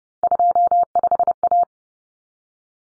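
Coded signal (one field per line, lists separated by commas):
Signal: Morse code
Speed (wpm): 30 wpm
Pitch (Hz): 700 Hz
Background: none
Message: 25A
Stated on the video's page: Morse drill of common three-digit cut numbers at 30 wpm, with T, A, N standing for 0, 1, 9; each is sent, spoken, then sent again.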